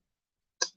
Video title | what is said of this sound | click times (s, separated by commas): Build Ayton Scienna Lotus Renault 97T | you can feel it sort of Click into place and that you can pinch this part here that'll do the trick and | 0.6 s